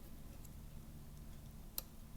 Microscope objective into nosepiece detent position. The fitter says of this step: and be sure when you're using this i want you to listen when you change objectives it has to click